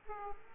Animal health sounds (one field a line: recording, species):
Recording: mosquito wingbeat signal from an infrared sensor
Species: Aedes aegypti